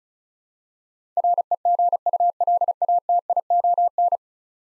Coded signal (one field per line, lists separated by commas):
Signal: Morse code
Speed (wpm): 36 wpm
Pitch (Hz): 700 Hz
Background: none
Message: REGULATION